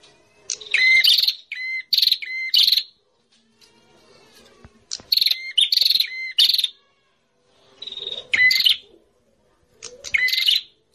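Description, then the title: Prinia calling in loud, scratchy buzzing bursts broken into quick segments, each ending in a thin whistle, with gaps of one to two seconds. Noisy prinia calls used as a lure for catching prinias, including the red-headed prenjak. "Suara Prenjak Ribut Ampuh Buat Pikat Burung Prenjak Kepala Merah Prenjak Tamu"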